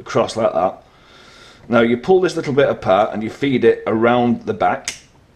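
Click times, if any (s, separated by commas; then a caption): none. A plastic gimbal saver clip is pulled apart and fed around the back of a quadcopter's gimbal mount while someone talks. Nothing has seated or clicked yet.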